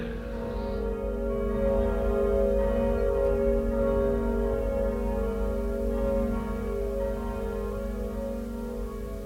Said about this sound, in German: Fassen Sie sich, hochwürdiger Herr, und eilen Sie. Die Glocken läuten schon. 10 Uhr.